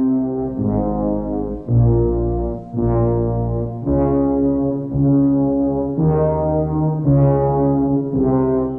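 Ominous electronic synthesizer film score from the opening of a film, as a car drives up to the Hotel Overlook: deep, brassy sustained chords shifting in slow, steady steps about once a second, with a heavy foghorn-like drone and no voices.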